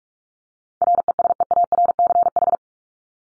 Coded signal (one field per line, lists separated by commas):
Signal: Morse code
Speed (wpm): 44 wpm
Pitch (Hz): 700 Hz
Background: none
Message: RESEARCH